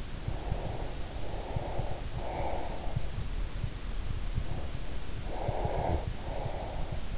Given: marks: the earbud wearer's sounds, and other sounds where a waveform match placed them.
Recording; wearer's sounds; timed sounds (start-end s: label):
sounds in sleep by an in-ear microphone; breath
0.13-3.17 s: breath
4.50-7.18 s: breath